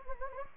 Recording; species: mosquito wingbeat signal from an infrared sensor; Anopheles gambiae